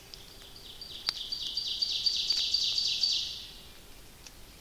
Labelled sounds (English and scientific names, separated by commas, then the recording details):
Ovenbird (Seiurus aurocapilla) song
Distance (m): 50 m
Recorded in boreal forest in Alberta, Canada, on 29 May 2016 at 06:10
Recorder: SongMeter 3, array SBT-3-49
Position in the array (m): 123 m, 133 m
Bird 15